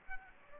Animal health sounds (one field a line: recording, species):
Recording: mosquito wingbeat signal from an infrared sensor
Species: Aedes aegypti